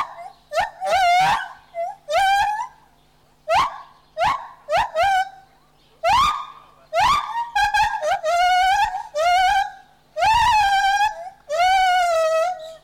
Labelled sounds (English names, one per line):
Lar Gibbon